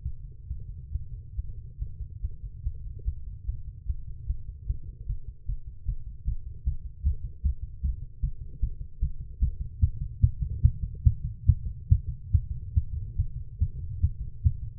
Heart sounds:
heart sounds by stethoscope; 146 bpm
0.01 s: heartbeat
0.46 s: heartbeat
0.90 s: heartbeat
1.34 s: heartbeat
1.76 s: heartbeat
2.19 s: heartbeat
2.61 s: heartbeat
3.02 s: heartbeat
3.43 s: heartbeat
3.84 s: heartbeat
4.24 s: heartbeat
4.65 s: heartbeat
5.04 s: heartbeat
5.44 s: heartbeat
5.84 s: heartbeat
6.23 s: heartbeat
6.63 s: heartbeat
7.02 s: heartbeat
7.41 s: heartbeat
7.80 s: heartbeat
8.20 s: heartbeat
8.59 s: heartbeat
8.99 s: heartbeat
9.39 s: heartbeat
9.79 s: heartbeat
10.20 s: heartbeat
10.61 s: heartbeat
11.03 s: heartbeat
11.45 s: heartbeat
11.88 s: heartbeat
12.31 s: heartbeat
12.73 s: heartbeat
13.15 s: heartbeat
13.58 s: heartbeat
14.00 s: heartbeat
14.42 s: heartbeat
From the record:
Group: healthy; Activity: Valsalva maneuver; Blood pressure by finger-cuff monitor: 134/97 mmHg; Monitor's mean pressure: 107 mmHg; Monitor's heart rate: 150 bpm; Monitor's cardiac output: 9 L/min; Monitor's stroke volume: 59 mL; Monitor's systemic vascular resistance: 870 dyn s/cm5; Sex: female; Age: 19 years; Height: 163 cm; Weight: 51 kg

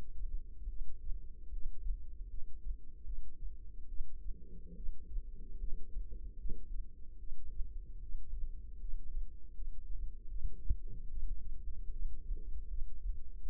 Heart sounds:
heart sounds by microphone in the left ear; 75 bpm
0.69 s: heartbeat
1.53 s: heartbeat
2.29 s: heartbeat
3.05 s: heartbeat
3.88 s: heartbeat
4.76 s: heartbeat
5.59 s: heartbeat
6.38 s: heartbeat
7.19 s: heartbeat
8.02 s: heartbeat
8.80 s: heartbeat
9.54 s: heartbeat
10.29 s: heartbeat
11.09 s: heartbeat
11.92 s: heartbeat
12.69 s: heartbeat
13.42 s: heartbeat
From the record:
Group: healthy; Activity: rest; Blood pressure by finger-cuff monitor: 139/84 mmHg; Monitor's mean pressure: 102 mmHg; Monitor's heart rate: 76 bpm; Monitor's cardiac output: 6.9 L/min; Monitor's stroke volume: 92 mL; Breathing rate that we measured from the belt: 17 breaths a minute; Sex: female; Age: 22 years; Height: 161 cm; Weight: 65.5 kg

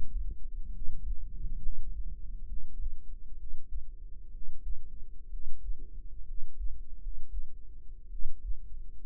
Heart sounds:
heart sounds by microphone in the right ear; 65 bpm
0.69 s: heartbeat
1.58 s: heartbeat
2.43 s: heartbeat
3.34 s: heartbeat
4.29 s: heartbeat
5.27 s: heartbeat
6.23 s: heartbeat
6.96 s: heartbeat
8.07 s: heartbeat
9.01 s: heartbeat
From the record:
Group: healthy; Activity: rest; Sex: female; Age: 22 years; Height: 171 cm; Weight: 65.6 kg

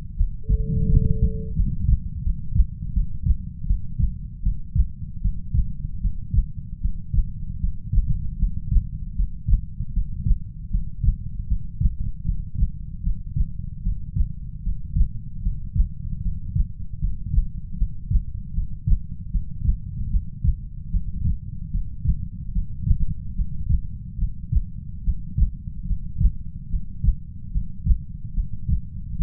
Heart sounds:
heart sounds by stethoscope; 77 bpm
0.16 s: heartbeat
0.89 s: heartbeat
1.56 s: heartbeat
2.23 s: heartbeat
2.93 s: heartbeat
3.66 s: heartbeat
4.43 s: heartbeat
5.21 s: heartbeat
6.01 s: heartbeat
6.81 s: heartbeat
7.60 s: heartbeat
8.39 s: heartbeat
9.15 s: heartbeat
9.93 s: heartbeat
10.70 s: heartbeat
11.48 s: heartbeat
12.25 s: heartbeat
13.03 s: heartbeat
13.83 s: heartbeat
14.63 s: heartbeat
15.42 s: heartbeat
16.22 s: heartbeat
17.00 s: heartbeat
17.77 s: heartbeat
18.54 s: heartbeat
19.31 s: heartbeat
20.10 s: heartbeat
20.90 s: heartbeat
21.71 s: heartbeat
22.52 s: heartbeat
23.35 s: heartbeat
24.18 s: heartbeat
25.03 s: heartbeat
25.86 s: heartbeat
26.69 s: heartbeat
27.51 s: heartbeat
28.33 s: heartbeat
29.17 s: heartbeat
From the record:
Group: healthy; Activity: rest 0-3 s, breath hold 3-29 s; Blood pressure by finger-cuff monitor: 94/55 mmHg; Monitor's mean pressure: 69 mmHg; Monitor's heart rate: 77 bpm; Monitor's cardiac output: 7.2 L/min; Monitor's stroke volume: 93 mL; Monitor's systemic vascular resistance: 700 dyn s/cm5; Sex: female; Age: 19 years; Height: 163 cm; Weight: 48.9 kg

